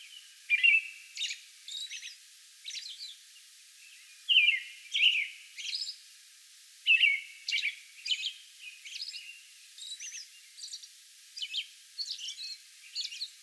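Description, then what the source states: American robin song: a steady run of short whistled caroling phrases mixed with thin high squeaks, delivered in quick succession throughout. Song bout recorded on May 11.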